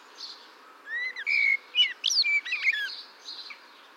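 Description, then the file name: Common blackbird singing a phrase of clear, sliding whistles, then quick squeaky high notes. "Turdus merula"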